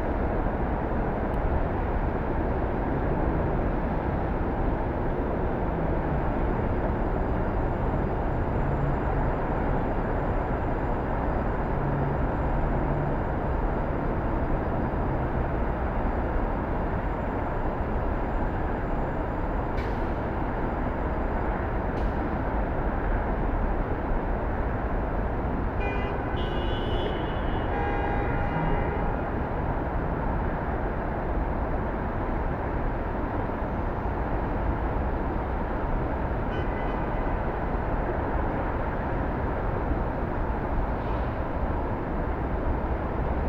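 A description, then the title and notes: Steady, dense traffic roar from a nearby expressway seen from a rooftop, low and constant, with faint brief higher tones and clicks around the middle. 170 Tillary Street rooftop in Downtown Brooklyn, NY. 6:13pm - 7:32pm 38° and falling. Partly Cloudy Chance of Precipitation: 0% Wind: 7mph North East. Neighbors a police headquarters and the BQE.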